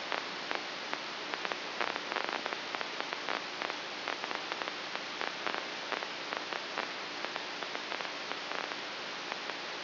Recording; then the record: brain microelectrode recording played as sound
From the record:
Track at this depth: inside the subthalamic nucleus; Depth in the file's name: 2.004 mm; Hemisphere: left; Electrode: 2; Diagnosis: Parkinson's disease